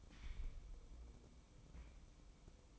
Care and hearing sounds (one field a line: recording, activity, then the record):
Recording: daily activity, microphone in the room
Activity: take from stove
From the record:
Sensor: 1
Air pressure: 1008.2 hPa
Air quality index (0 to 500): 137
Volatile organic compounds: 2 ppm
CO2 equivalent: 1151 ppm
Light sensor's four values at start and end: 8/19/7/8 and 8/19/7/8